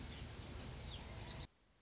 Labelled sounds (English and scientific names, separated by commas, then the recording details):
Anna's Hummingbird (Calypte anna)
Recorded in Sonoma County, California